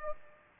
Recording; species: mosquito wingbeat signal from an infrared sensor; Aedes aegypti